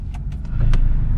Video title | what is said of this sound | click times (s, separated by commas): สอนขับรถมือใหม่ " ปรับเบาะ,ปรับพวงมาลัย,ปรับกระจกมองข้าง,ปรับก้านเปิดปิดไฟ,ปรับก้านปัดน้ำฝน" | เสือป่าพระครูมากเปิดดึงหาตัวนะปึ๊บมันจะมีเสียงล็อคเลยเราก็ไปเปิดเราเปิดดู | 0.7 s